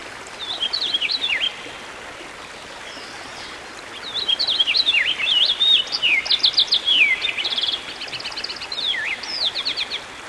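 Songbird singing a short phrase, pausing, then a longer rich warble with slurred whistles and fast repeated trill notes, over a soft steady hiss.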